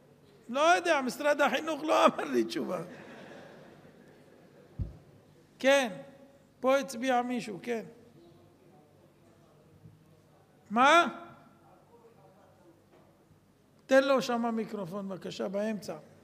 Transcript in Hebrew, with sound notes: - 'לא יודע, משרד החינוך לא אמר לי תשובה...' - [צחוק בקהל] כן. פה הצביע מישהו - [אומרים מהקהל ולא שומעים] תן לו שמה מיקרופון בבקשה, באמצע.